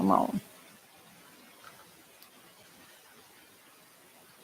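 Someone briefly talks as a Kromski Sonata magnetic flyer assembly is handled against a wooden spinning wheel, followed by quiet handling with two faint soft ticks around 1.7 s and 2.2 s. Nothing has seated or clicked into place yet.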